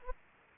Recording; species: mosquito wingbeat signal from an infrared sensor; Aedes aegypti